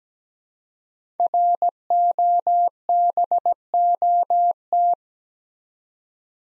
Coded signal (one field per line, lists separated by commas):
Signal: Morse code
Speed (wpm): 17 wpm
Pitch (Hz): 700 Hz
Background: none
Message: ROBOT